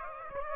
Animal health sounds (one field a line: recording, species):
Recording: mosquito wingbeat signal from an infrared sensor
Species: Aedes aegypti